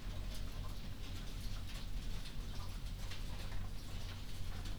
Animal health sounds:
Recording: poultry house recording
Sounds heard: healthy chickens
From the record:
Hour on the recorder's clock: 21

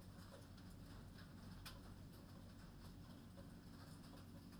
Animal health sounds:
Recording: poultry house recording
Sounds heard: no chicken sound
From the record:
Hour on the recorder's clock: 22

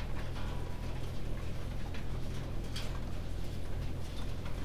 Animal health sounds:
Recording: poultry house recording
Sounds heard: no chicken sound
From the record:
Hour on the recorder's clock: 19

